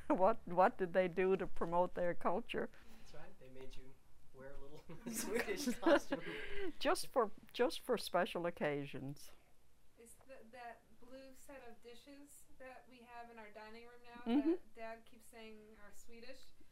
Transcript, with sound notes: What, what did they do to promote their culture?
That's right. They made you wear little Swedish costumes. (they laugh)
Just for, just for special occasions.
Is that blue set of dishes that we have in our dining room now that Dad keeps saying are Swedish?